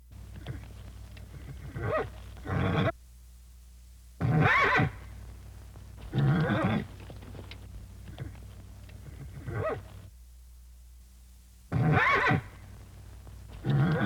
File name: Horse Whinnies